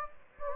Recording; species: mosquito wingbeat signal from an infrared sensor; Anopheles gambiae